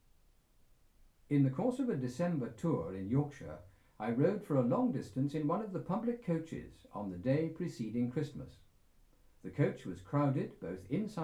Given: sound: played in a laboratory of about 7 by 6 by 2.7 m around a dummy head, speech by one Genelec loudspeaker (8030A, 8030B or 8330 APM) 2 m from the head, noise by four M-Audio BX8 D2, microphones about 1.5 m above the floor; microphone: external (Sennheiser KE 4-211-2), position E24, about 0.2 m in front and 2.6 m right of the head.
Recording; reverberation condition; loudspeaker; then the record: male speech in English; low; 60 degrees to the right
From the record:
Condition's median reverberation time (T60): about 310 ms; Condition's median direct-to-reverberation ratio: about 3.5 dB